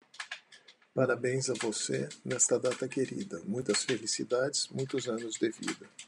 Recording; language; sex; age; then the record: short text; Brazilian Portuguese; male; 50 to 59 years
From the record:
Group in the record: control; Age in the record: 50 years